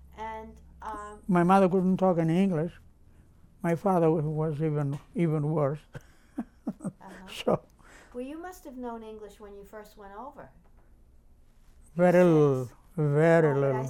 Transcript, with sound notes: And-
My mother couldn't talk any English. My father was worse, even, even worse. (Laughs) So.
Well, you must have known English when you first went over.
Very little, very little.